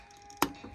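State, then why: Seated. A plastic Turtles of Grayskull Donatello action figure's head is pushed onto its ball-joint neck peg. After a quiet lead-in with a faint tick near 0.3 s, a single sharp plastic snap sounds at 0.4 s and quickly fades. The head is seated on the peg.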